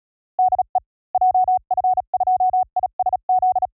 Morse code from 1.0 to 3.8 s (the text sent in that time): JF2ISZ